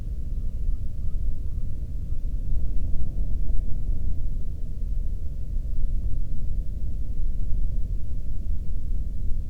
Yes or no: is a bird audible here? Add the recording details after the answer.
no. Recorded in the Prudhoe Bay oil fields, Alaska, on 13 June 2019 at 00:30. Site 30